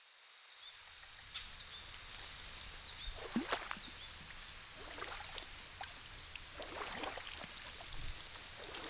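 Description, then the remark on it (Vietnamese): Oars of a rowboat creak in slow, irregular strokes on a river by a small riverside hamlet on a moonless night under thick dark clouds, with soft watery knocks, all beneath a steady, high-pitched chorus of night insects. “Dưới sông, tiếng kinh kít của mái chèo đang khẽ vang lên.”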